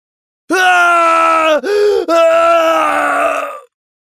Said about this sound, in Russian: Душераздирающий крик разлетелся по пустынной земле кошмара.